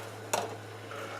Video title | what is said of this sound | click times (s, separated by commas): Strawberry Jam: Making it and canning it | you'll very shortly hear a popping sound, and that is the lid snapping back down, concave, into place, which means that the softened rubber has allowed it to form a seal. | 0.3 s